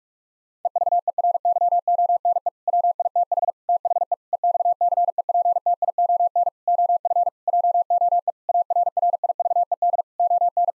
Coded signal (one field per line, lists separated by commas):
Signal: Morse code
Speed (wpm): 46 wpm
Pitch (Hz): 700 Hz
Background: none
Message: EVERYONE WITH THE EXCEPTION OF JOE ARRIVED ON